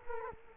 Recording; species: mosquito wingbeat signal from an infrared sensor; Culex quinquefasciatus